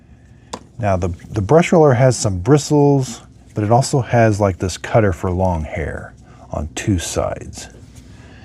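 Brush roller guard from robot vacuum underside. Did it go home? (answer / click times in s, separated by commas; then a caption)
released / 0.5 s. Plastic tabs on the brush roller guard on the underside of a Roborock Saros Z70 robot vacuum are pinched to unlatch it, and a single sharp snap at 0.5 s marks the guard releasing. Someone talks through the rest of the clip.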